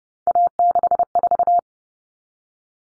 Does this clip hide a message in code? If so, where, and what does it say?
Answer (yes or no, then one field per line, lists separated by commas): yes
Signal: Morse code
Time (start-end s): 0.3-1.6 s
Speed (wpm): 30 wpm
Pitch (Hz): 700 Hz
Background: none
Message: A64